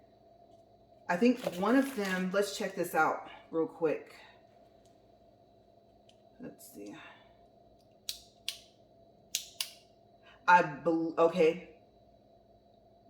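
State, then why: Seated. Someone talks while checking the wheel lock on a plastic caster wheel of a Yueieoun 3-in-1 rolling makeup train case. Four sharp clicks follow at 8.1, 8.5, 9.4 and 9.6 seconds, then someone talks again. The wheel lock clicks on and is locked into place.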